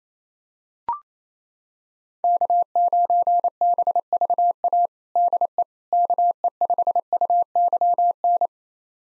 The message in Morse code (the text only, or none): K9BVA DE KE5UYN